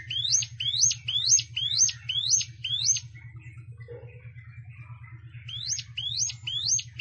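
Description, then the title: Plain prinia delivering a rapid train of rising, zipping notes, then a pause and a shorter run, against a continuous low hum. "Ciblek Sawah"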